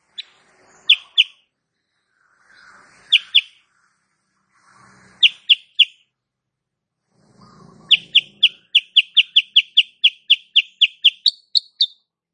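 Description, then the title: Sooty-headed bulbul delivering bright chirps in twos and threes, followed by a steady rattling run of quick high notes ending in a slightly raised few. Female cage bird in full active song with tight rapid-fire notes, used as a master recording for training other cage birds. "Masteran Kutilang Sutra. Kutilang SUTRA BETINA GACOR nembak RAPAT"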